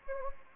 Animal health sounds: mosquito wingbeat signal from an infrared sensor; Anopheles gambiae

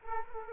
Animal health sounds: mosquito wingbeat signal from an infrared sensor; Culex quinquefasciatus

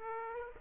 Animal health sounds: mosquito wingbeat signal from an infrared sensor; Aedes aegypti

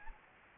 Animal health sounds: mosquito wingbeat signal from an infrared sensor; Anopheles gambiae

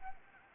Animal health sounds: mosquito wingbeat signal from an infrared sensor; Anopheles arabiensis

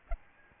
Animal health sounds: mosquito wingbeat signal from an infrared sensor; Aedes albopictus

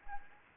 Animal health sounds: mosquito wingbeat signal from an infrared sensor; Anopheles arabiensis

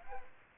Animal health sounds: mosquito wingbeat signal from an infrared sensor; Aedes aegypti

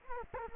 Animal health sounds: mosquito wingbeat signal from an infrared sensor; Culex quinquefasciatus

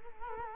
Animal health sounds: mosquito wingbeat signal from an infrared sensor; Culex quinquefasciatus

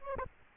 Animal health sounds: mosquito wingbeat signal from an infrared sensor; Aedes albopictus

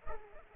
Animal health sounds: mosquito wingbeat signal from an infrared sensor; Culex pipiens

